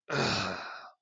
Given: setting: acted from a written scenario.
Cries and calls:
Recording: vocal sound without words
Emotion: distress

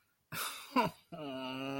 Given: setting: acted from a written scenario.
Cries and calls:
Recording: vocal sound without words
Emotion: sadness

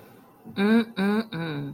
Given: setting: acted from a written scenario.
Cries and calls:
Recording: vocal sound without words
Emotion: desire

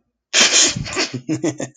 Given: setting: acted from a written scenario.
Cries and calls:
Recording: vocal sound without words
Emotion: amusement

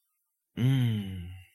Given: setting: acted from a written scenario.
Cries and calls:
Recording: vocal sound without words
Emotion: serenity

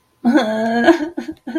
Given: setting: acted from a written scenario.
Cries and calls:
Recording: vocal sound without words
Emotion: sadness

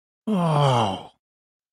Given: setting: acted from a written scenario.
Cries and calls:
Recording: vocal sound without words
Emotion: awe

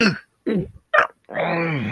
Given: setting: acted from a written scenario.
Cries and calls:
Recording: vocal sound without words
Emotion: pain

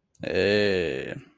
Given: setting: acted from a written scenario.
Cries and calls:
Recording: vocal sound without words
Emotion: romantic love

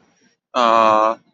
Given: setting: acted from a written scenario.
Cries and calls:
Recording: vocal sound without words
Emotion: adoration

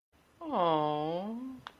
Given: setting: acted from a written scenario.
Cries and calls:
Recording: vocal sound without words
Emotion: adoration

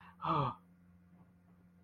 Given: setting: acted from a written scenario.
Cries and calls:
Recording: vocal sound without words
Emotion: relief

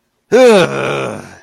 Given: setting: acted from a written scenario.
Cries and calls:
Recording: vocal sound without words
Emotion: anger

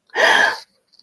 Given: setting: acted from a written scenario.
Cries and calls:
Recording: vocal sound without words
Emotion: fear

